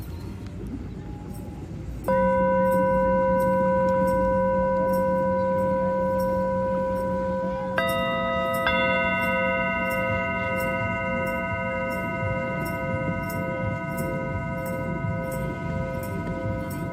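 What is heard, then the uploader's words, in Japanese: A singing bowl is struck at about two seconds and hums with a clear, steady ringing tone that slowly fades. Around eight seconds a second bowl joins, adding a brighter layered ring. Faint regular ticking, like a clock, runs throughout in the background. メキシコから シンギングボウルのサウンドヒーリング。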